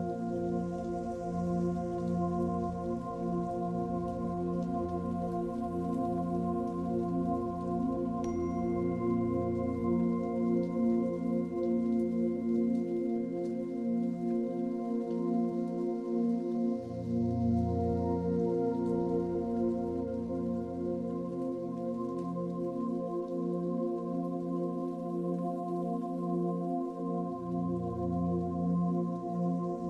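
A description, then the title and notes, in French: Soft relaxation music of sustained, ringing tones like a singing bowl holds steady throughout, with slow low swells rising around 9, 17 and 28 seconds. A faint, even trickle of flowing water hisses quietly underneath, and a thin high tone enters near 8 seconds. Au bord de la rivière. Musique de relaxation avec le son de l'eau d'une douce rivière qui coule.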